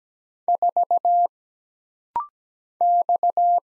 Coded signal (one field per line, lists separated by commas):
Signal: Morse code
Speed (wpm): 17 wpm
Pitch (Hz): 700 Hz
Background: none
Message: 4 X